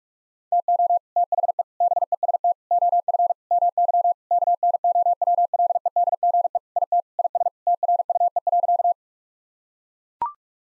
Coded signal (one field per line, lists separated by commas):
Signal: Morse code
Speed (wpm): 41 wpm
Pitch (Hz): 700 Hz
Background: none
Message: TO THE BEST OF MY KNOWLEDGE IT IS TRUE.